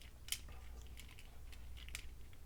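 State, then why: Not seated. Plastic leg portions of a Takara Transformers Masterpiece MP-27 Ironhide transforming robot figure are handled and rotated outward, producing light, dry plastic rattles and ticks, with sharper taps near 0.3 s and 2.0 s. Nothing has seated or clicked into place yet.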